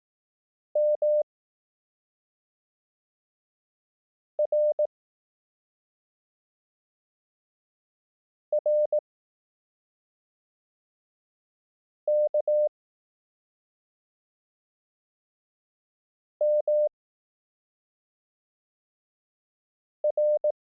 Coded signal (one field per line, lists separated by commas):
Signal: Morse code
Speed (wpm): 18 wpm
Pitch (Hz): 600 Hz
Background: none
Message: M R R K M R